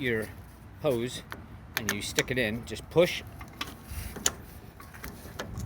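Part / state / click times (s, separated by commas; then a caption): hydraulic hose tip into tractor rear quick coupler / not seated / none. A hydraulic hose tip is handled and pushed toward the rear quick coupler of a Kubota tractor while someone talks. Short sharp metallic ticks and rattles from the handling are heard near the end. The clip stops before the hose goes home, so nothing has seated or clicked in yet.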